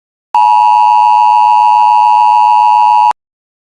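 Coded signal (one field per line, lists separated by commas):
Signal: Emergency Alert System (SAME) tones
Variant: 853 and 960 Hz attention tone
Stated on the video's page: Live IPTV stream alert generated by a DASDEC unit, with valid EAS tones.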